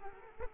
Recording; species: mosquito wingbeat signal from an infrared sensor; Culex quinquefasciatus